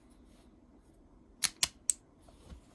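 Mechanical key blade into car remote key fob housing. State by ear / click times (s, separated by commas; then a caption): seated / 1.9 s. After a new coin battery is fitted in a 2020 Honda Accord remote, the metal emergency key blade is slid back into the plastic fob housing. Two sharp clicks at 1.4 and 1.6 seconds lead up to a final crisp click at 1.9 seconds as the blade locks into place. A faint tap follows at about 2.5 seconds.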